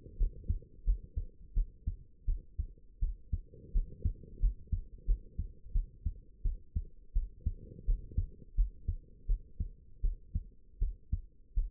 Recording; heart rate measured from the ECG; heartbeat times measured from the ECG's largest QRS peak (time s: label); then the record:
heart sounds by stethoscope; 84 bpm
0.18 s: heartbeat
0.85 s: heartbeat
1.54 s: heartbeat
2.26 s: heartbeat
3.00 s: heartbeat
3.73 s: heartbeat
4.40 s: heartbeat
5.06 s: heartbeat
5.73 s: heartbeat
6.43 s: heartbeat
7.14 s: heartbeat
7.86 s: heartbeat
8.56 s: heartbeat
9.27 s: heartbeat
10.02 s: heartbeat
10.79 s: heartbeat
11.55 s: heartbeat
From the record:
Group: healthy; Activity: rest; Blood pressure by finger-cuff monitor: 82/50 mmHg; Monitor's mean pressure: 62 mmHg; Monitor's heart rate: 85 bpm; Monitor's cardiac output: 7.9 L/min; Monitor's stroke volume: 92 mL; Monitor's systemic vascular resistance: 550 dyn s/cm5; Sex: female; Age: 22 years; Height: 161 cm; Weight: 65.5 kg